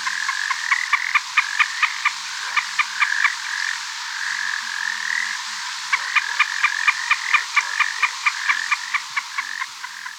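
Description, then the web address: Puna snipe calls: rapid runs of sharp ticking notes mixed with short buzzy, level tones, repeated in bursts with brief pauses. Ecuador, South America. "Birds of Ecuador. Puna Snipe"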